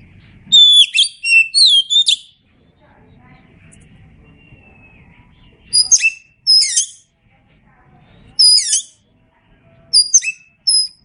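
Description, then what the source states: Oriental magpie-robin song opening with a burst of tumbling whistles, then after a quiet rumbling gap, a few separate sharp, descending whistled notes. Known by the Indonesian name kacer; described as gacor, singing often and vigorously.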